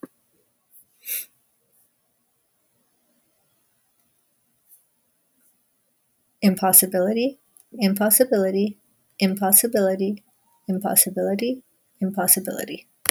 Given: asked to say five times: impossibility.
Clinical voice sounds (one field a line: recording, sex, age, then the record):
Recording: repeated word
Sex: female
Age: 30 to 39 years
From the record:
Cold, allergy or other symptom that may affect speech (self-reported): no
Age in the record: 36 years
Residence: Virginia, United States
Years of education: 16